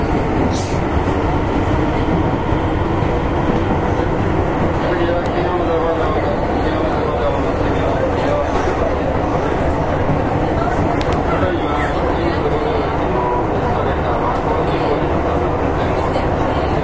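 A Keihan 6000 series train runs steadily with a dense low rumble, while indistinct voices murmur throughout and a few brief clicks occur.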